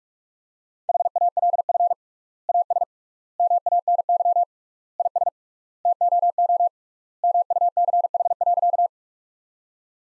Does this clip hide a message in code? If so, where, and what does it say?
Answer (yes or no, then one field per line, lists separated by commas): yes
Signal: Morse code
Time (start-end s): 0.9-8.9 s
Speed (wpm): 41 wpm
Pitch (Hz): 700 Hz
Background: none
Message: HALF AS MANY IS TOO MUCH.